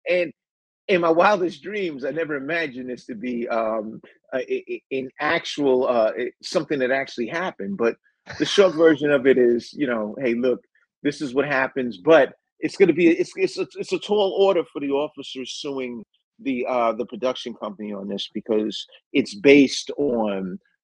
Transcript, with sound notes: And in my wildest dreams, I never imagined this to be, um, a- a- a- an actual, uh, something that actually happened.
(laughs)
But the short version of it is, you know, hey, look, this is what happens. But it's gonna be a- it's- it's- it's a tall order for the officers suing the, uh, the production company on this because it's based on,